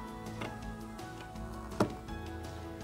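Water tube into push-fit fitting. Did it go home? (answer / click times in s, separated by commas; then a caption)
yes / 0.4 s, 1.8 s. A water tube is fully inserted into a push-fit fitting, giving two clicks at 0.4 s and 1.8 s over steady background music. The two clicks, one on each side, show the fitting is seated and waterproof.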